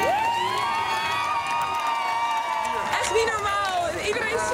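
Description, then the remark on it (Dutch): Family members of speed skater Jutta Leerdam cheer wildly in the Thialf ice stadium as she wins the 1000 metre world title, with loud, sustained high-pitched shouts and screams holding steady for several seconds before breaking into rising, excited whoops. “En terwijl daar op het ijs Jutta Leerdam haar feestje viert, het wonder heeft verricht, zie ik hier de familieleden die volkomen uit hun dak gaan.”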